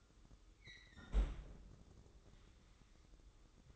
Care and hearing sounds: daily activity, microphone in the room; close fridge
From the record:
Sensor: 3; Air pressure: 995.3 hPa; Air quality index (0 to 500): 76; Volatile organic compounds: 5 ppm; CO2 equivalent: 1800 ppm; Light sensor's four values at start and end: 19/56/24/20 and 19/55/23/20

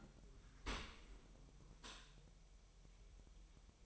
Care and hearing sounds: daily activity, microphone in the room; open dishwasher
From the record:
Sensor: 1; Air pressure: 1000.8 hPa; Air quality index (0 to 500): 248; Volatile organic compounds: 147 ppm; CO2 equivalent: 4011 ppm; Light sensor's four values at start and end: 11/28/11/12 and 11/28/11/12

